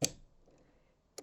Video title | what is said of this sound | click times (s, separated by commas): Cricut Bookmark Tutorial 🌼 Day 03 Floral Craft Countdown 2024 | and put it in, push down until it clicks, | 0.0 s